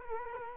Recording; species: mosquito wingbeat signal from an infrared sensor; Culex quinquefasciatus